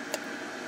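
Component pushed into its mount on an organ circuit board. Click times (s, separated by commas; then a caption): 0.1 s. A component on the circuit board of a vintage Wersi Helios organ is warmed and pushed by hand into its mount during a repair. A single sharp snap at 0.1 s rises briefly above a steady broadband hiss. The component seats in place.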